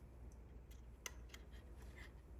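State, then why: Seated. A replacement fuel door fitting on a Porsche 911 997, fitted because the fuel door won't stay open, is slid back into its slot in the car body's fuel door housing and its retaining tab is pressed down. Faint plastic ticks and scrapes are heard over a low steady hum, with one sharp click at 1.1 s as the tab locks the fitting into place.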